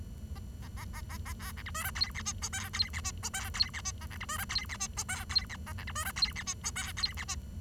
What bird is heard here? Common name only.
Bengalese Finch